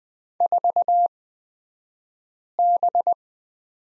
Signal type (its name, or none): Morse code